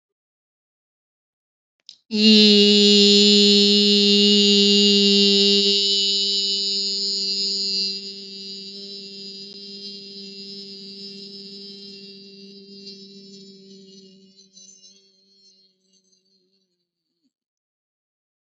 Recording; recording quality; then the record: sustained vowel as in beet; excellent, no background noise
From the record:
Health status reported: healthy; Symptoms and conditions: none ticked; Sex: female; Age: 52 years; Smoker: not ticked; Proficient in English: yes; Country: India